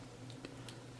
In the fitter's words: So once I've got everything lined up there, I'm gonna just a gentle press. We heard the click, and